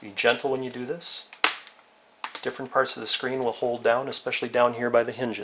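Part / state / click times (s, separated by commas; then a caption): plastic screen bezel clips coming off a laptop display lid / released / 1.4 s, 2.2 s. The plastic screen bezel is pried off the display lid of a Dell Inspiron N7010 17.3" laptop by hand, working under its edge for a screen replacement and repair. Two sharp pops ring out at 1.4 s and 2.2 s as more snap clips let go and come loose, while someone talks before and after.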